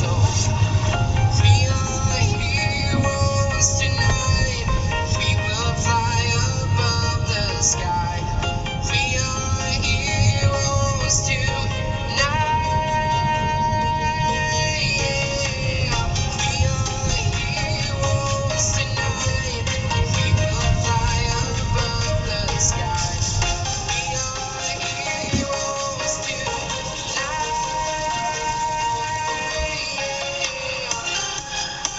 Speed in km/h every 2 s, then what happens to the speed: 37, 35, 39, 39, 37, 35, 37, 34, 31, 31, 21, 6, 0, 0, 0, 0.
0-12 steady at about 37. 12-23 slows to 0. 23-32 standing.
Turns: none.